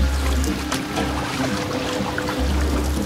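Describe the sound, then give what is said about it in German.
Steady wash of sea water against a ship sailing at sea in the breeze and wind, with a continuous low rumble and soft splashing and trickling over it, loud and unbroken for the whole stretch. “Sindbad lebte das erste Mal an Bord. Die Brise, der Wind, das frische, blaue Wasser.”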